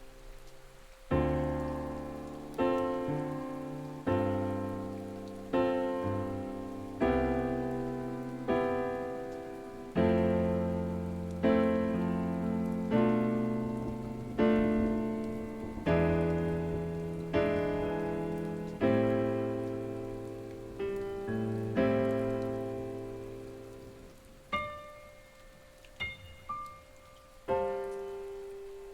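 Slow piano chords ring out about every one to two seconds, each swelling and fading, with full low and middle notes. Near the end the playing thins to a few lighter, higher notes. A soft, steady rain hiss runs underneath throughout.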